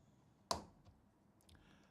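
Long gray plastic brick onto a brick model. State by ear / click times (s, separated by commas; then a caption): seated / 0.5 s. A long gray plastic brick is pressed onto a brick model while following the building steps. One sharp snap sounds at 0.5 s, followed by faint small clicks and quiet background. The brick seats with a satisfying snap of the plastic bricks connecting.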